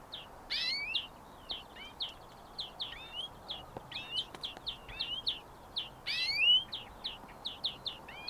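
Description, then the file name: European greenfinch calls: a rapid series of brief bright chips with two louder harsh notes, over faint low background noise. "Chloris chloris"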